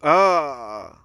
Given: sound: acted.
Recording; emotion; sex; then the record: nonverbal affect burst; disgust; male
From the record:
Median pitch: 158 Hz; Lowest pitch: 115 Hz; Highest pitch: 196 Hz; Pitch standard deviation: 25 Hz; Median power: 63.1 dB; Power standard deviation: 13.4 dB